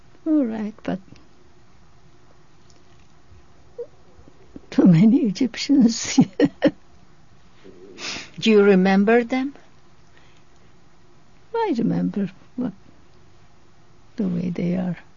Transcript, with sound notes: All right, but too many Egyptians. (she laughs)
Do you remember them?
I remember the way they are.